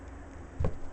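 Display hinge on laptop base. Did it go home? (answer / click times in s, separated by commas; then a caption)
yes / 0.6 s. The 20-inch display on an HP HDX9010NR Entertainment Notebook PC is pulled up on its dual-hinge base until the hinge detent clicks into the raised position. A single sharp click sounds at about 0.7 s over a quiet low background hum, and the display is seated in place.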